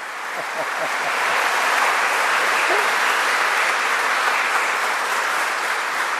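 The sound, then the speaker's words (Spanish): A church audience applauds in honour of the Virgin Mary, Mother of God: a dense, sustained wash of many hands clapping that stays loud and even throughout, with no voices rising above it. “Ese aplauso que merece la mamá, ¿eh?”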